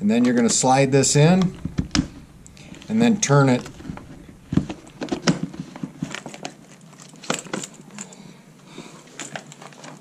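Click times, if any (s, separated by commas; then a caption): none. Someone talks while a breathing air regulator is slid into the port of a Scott X3 SCBA facepiece and begun to be turned to the side, with crinkling handling noise and sharp taps and knocks throughout. Nothing has seated or clicked yet; the clip ends before the regulator locks onto the mask.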